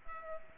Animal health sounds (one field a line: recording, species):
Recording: mosquito wingbeat signal from an infrared sensor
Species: Culex pipiens